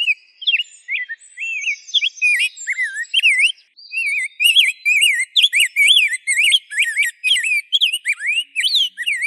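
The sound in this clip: Rose-breasted grosbeak song, a long flowing string of robin-like whistled phrases, rising and dipping, with a short pause before a denser, faster stretch.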